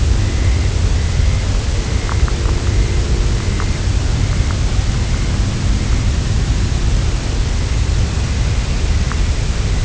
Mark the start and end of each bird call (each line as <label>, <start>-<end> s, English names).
Dunlin, 0.10-6.33 s
Dunlin, 7.38-9.84 s